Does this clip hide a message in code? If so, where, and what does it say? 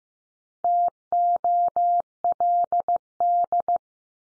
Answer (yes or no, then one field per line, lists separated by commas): yes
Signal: Morse code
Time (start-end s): 0.6-3.8 s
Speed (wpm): 15 wpm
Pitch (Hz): 700 Hz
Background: none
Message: TOLD